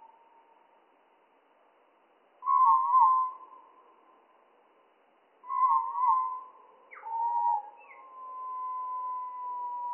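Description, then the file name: Spotted flycatcher song, slow and low: two wobbling warbled phrases about three seconds apart, a short dipping note, then a long level whistled tone. Song slowed down by three octaves, mono recording. "GOBE MOUCHE GRIS"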